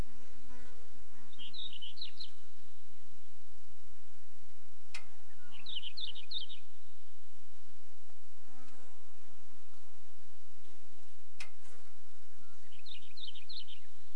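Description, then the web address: Hume's wheatear calling in three short scratchy chattering bursts spaced several seconds apart, over a steady droning buzz. "Hume's wheatear. صدای-پرنده-چکچک-شکم-سفید"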